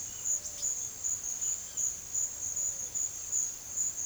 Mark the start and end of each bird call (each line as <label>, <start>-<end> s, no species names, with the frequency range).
bird call (1.8-7.7 kHz), 0.05-0.75 s